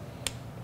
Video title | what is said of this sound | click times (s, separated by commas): EVTV Friday Show - March 22, 2013 | There we go, and you hear the click in this type of torque wrench. | 0.3 s